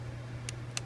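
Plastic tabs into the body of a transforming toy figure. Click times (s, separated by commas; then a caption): 0.5 s, 0.8 s. With the hood pushed out of the way, three plastic tabs are lined up and pressed into their slots on the body of a transforming toy figure. Two short, sharp ticks sound at 0.5 s and 0.8 s over a steady low hum. The tabs pop into place and seat.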